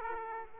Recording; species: mosquito wingbeat signal from an infrared sensor; Aedes aegypti